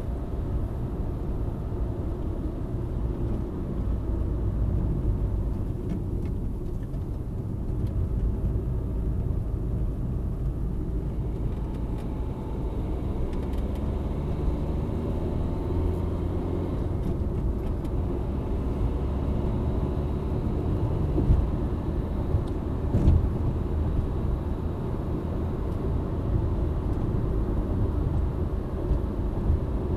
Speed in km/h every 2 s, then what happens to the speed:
67, 64, 54, 46, 43, 39, 50, 61, 68, 73, 79, 82, 83, 83, 84.
0-10 slows to 39. 10-30 speeds up to 84.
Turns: 6-9.